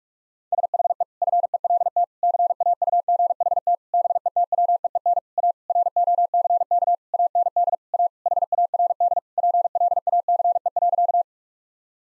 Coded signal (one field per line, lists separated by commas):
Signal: Morse code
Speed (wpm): 46 wpm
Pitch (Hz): 700 Hz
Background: none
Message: SHE FELT CAUGHT BETWEEN A ROCK AND A HARD PLACE.